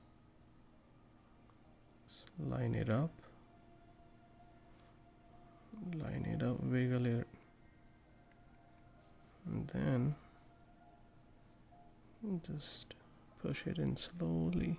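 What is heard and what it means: A watch crown stem is lined up with the stem hole in a Bulova Precisionist watch movement, for a cheap Seiko spring drive mod, before being pushed in. Someone talks in bursts over a quiet background hum. Nothing has seated or clicked yet.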